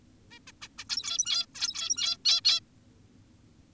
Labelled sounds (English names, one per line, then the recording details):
Zebra Finch
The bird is an adult
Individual g17y2U